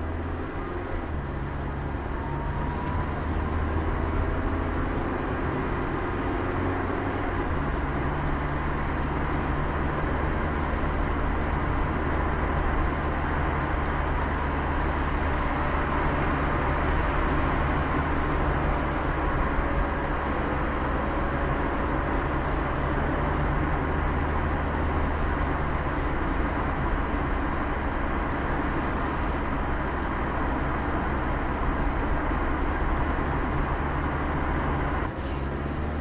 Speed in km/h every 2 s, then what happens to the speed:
59, 60, 58, 53, 50, 51, 48, 49, 51, 54, 56, 58, 62, 64, 65, 67, 70, 74.
0-13 slows to 48. 13-36 speeds up to 74.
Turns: none.